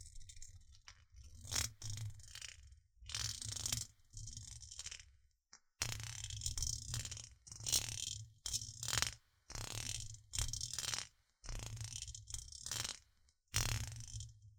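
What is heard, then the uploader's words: A microphone is scratched in repeated short bursts, each a second or so long, with brief silences between. Every stroke is rough, carrying a dull low thump under a bright, gritty hiss, and the bursts come in an uneven but steady rhythm throughout. 台灣ASMR | 麥克風刮刮樂 | Mic Scratching | NoTalking.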